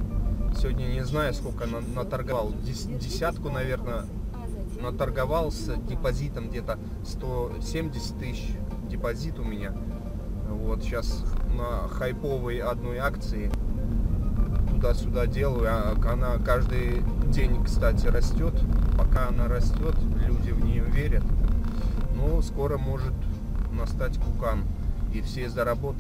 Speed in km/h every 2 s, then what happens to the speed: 39, 39, 40, 38, 39, 40, 41, 43, 42, 38, 35, 32, 28.
0-15 steady at about 39. 15-26 slows to 28.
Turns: none.